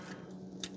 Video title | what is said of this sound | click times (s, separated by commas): Transformers G1 SIDESWIPE 2002 eHOBBY Takara reissue transformed | drop these feet down, and there's a click point there that they kind of drop into. | 0.6 s